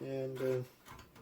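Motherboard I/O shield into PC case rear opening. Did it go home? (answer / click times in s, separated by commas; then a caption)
no / none. A metal motherboard I/O shield for an X79 PC build is handled at the rear opening of a PC case while someone talks briefly at the start. After the voice fades, there are soft handling noises and a faint, short knock around 1.2 s. Nothing has seated or clicked into place yet.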